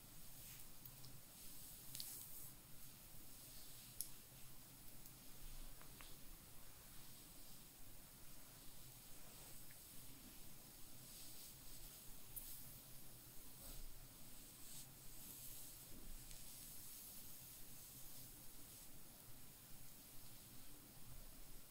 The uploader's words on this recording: ASMR Tingliest hair sounds Scalp oiling, head massage + skinhair scratching.